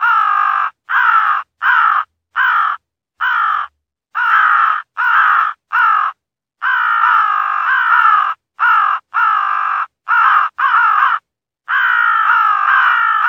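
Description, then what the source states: Crow producing a continuous series of harsh, hoarse caws, many long and drawn out, with only short gaps between them. Crows fighting.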